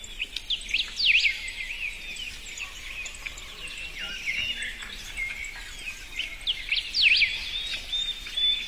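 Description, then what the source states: Birds chirping and trilling in overlapping bursts, with sharp sweeping notes at the start and near the end over constant background hiss. Birds singing in a forest.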